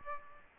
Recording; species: mosquito wingbeat signal from an infrared sensor; Aedes aegypti